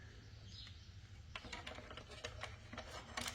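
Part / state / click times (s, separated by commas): audio/video/subwoofer harness plug into car stereo rear socket / seated / 1.4 s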